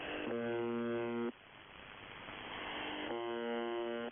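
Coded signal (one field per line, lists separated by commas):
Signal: channel marker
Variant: UVB-76 (The Buzzer)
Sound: two harsh, low, droning buzzes about one second long, with radio hiss between them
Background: radio static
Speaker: y luego está este sonido, un pulso mecánico monótono y persistente. un zumbido que no se detiene. Ahora mismo, mientras escuchas estas palabras, esa señal sigue activa en algún punto remoto de Rusia.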